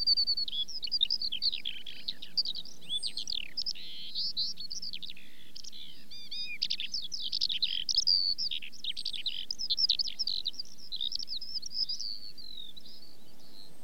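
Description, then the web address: Eurasian skylark song, a long unbroken stream of rapid warbling, trilling and chirping notes, varied and high-pitched, pouring on without pause against a faint low background hum. British bird. "The BBC Sound Effects Library. Skylark"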